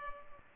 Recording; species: mosquito wingbeat signal from an infrared sensor; Culex pipiens